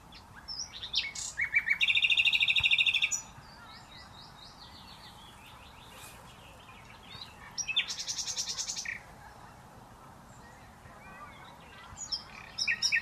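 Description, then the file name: Common nightingale song: two loud, rapid buzzy trills of repeated notes, with quieter varied phrases and scattered high notes between and after them. "Luscinia megarhynchos"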